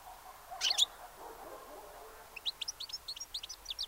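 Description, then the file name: European goldfinch calls: one brief bright burst, then a quick run of thin, tinkling twitters toward the end. "Carduelis carduelis"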